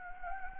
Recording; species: mosquito wingbeat signal from an infrared sensor; Anopheles gambiae